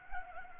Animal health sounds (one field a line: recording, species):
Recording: mosquito wingbeat signal from an infrared sensor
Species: Anopheles gambiae